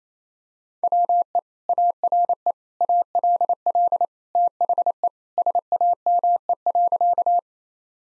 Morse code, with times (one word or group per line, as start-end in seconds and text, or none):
0.8-1.4 WE
1.7-2.5 ARE
2.8-4.0 ALL
4.4-5.1 THE
5.4-7.4 SAME.